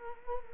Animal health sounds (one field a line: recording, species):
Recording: mosquito wingbeat signal from an infrared sensor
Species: Culex quinquefasciatus